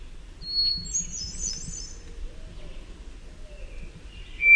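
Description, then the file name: Hermit thrush song: a clear note and a very high fluttering phrase, then another pure whistle at the end. "HETH song"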